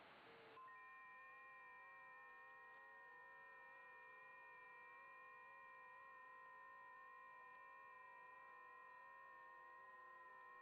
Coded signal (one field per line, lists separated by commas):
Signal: FT8